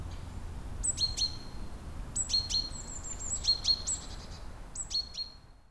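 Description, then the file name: Great tit calling in repeated short groups of a high thin note and two clicky lower notes, with a brief thin trill between phrases. "Parus major"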